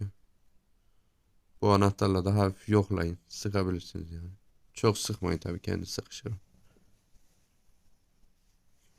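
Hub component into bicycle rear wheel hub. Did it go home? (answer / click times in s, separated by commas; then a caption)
no / none. A part of a bicycle rear wheel hub is being handled during hub maintenance, about to be pressed back into the hub body. Someone talks through most of the clip, with quiet stretches at the start and end. Nothing has seated or clicked yet.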